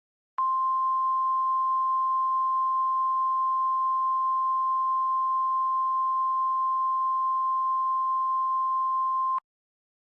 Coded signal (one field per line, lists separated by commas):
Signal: Emergency Alert System (SAME) tones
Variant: 1050 Hz attention tone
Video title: EAS Scenario:TWISTER CHAOS! (Part 1)